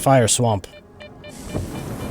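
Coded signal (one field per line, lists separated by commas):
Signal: none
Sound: a game's warning beeps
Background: speech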